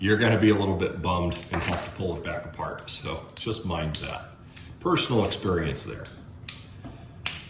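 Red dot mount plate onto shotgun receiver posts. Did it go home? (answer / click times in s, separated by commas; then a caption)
yes / 7.3 s. A red dot mount plate is pressed onto the four mounting posts on the rib of an SBE 3 28 gauge shotgun while someone talks. It snaps into place with a sharp click at 7.3 s, seating the plate.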